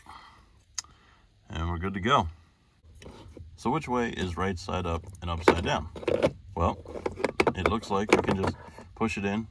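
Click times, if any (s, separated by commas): 0.8 s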